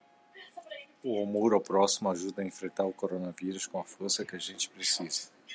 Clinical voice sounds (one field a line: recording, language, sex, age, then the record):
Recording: spoken sentence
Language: Brazilian Portuguese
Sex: male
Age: 40 to 49 years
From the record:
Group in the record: control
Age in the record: 48 years